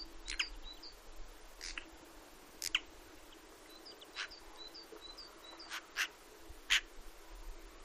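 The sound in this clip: Eurasian magpie gives scattered single harsh 'chak' notes, while small birds chirp softly behind.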